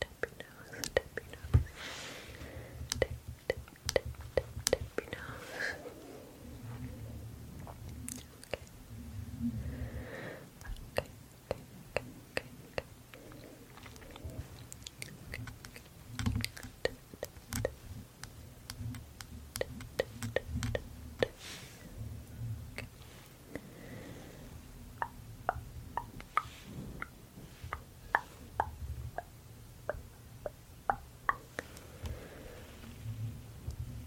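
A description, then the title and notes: Quiet tongue clicking runs throughout as sharp, bright little pops, some in quick clusters and some spaced out, with a few louder snaps near the start and around the twentieth second. Underneath sits a soft, wet murmur and a low hum. ASMR Fizzy Lotion Face Touching - tongue clicking.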